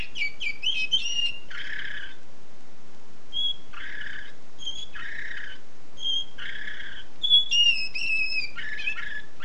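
Canary song with clear whistled notes alternating with buzzy, harsher bursts at lower pitch, the whistles sliding downward, in short phrases separated by brief pauses.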